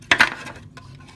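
A detached plastic tail piece is hooked underneath and slid back onto a Hasbro Transformers Masterpiece Starscream robot toy, a piece that tends to fall off. It snaps home with a sharp plastic click at 0.1 s, followed by a second, softer rattle at about 0.2 s and a faint tap near 0.8 s. The tail piece is seated.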